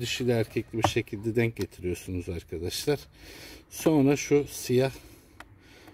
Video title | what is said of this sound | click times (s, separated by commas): Polen Filtresi Değişimi ? #pollenfilter #polenfiltresi #polen #cabinairfilter #cabinairfilterchange | mandalı dik sesini duyunca yitirmeye bırakıyorsunuz | 5.4 s